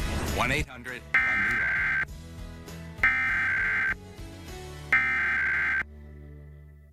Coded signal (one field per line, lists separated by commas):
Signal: Emergency Alert System (SAME) tones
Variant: header bursts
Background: speech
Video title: Pennsylvania EAS July RMT Emergency Alert System Required Monthly Test on CW Philly WPSG-TV 7/15/21